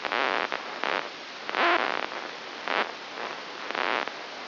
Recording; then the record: brain microelectrode recording played as sound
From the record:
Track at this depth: inside the subthalamic nucleus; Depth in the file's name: 2.804 mm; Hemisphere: right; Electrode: 3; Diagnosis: Parkinson's disease